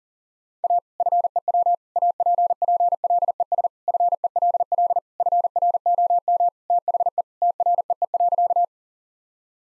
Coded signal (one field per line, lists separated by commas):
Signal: Morse code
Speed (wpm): 37 wpm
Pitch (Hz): 700 Hz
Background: none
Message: A FEW APPLES FELL FROM THE TREE.